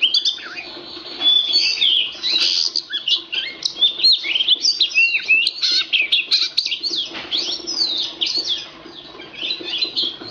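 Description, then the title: Oriental magpie-robin singing a dense, busy stream of quick chirps, slurred whistles and short trills, with the notes running together almost without pause. Kacer poci competition bird in full song (gacor), national champion; song styles nembak and ngerol; seven kinds of kacer sounds every three minutes. "Kacer Poci Gacor Nembak Dan Ngerol Juara Nasional. 7 macam suara kacer setiap 3 menit"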